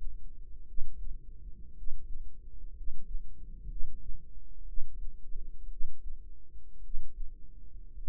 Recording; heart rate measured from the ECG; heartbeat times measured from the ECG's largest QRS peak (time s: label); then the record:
heart sounds by microphone in the right ear; 58 bpm
0.64 s: heartbeat
1.72 s: heartbeat
2.71 s: heartbeat
3.65 s: heartbeat
4.63 s: heartbeat
5.66 s: heartbeat
6.79 s: heartbeat
7.92 s: heartbeat
From the record:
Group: healthy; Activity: rest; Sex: male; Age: 25 years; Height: 170 cm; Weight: 70.4 kg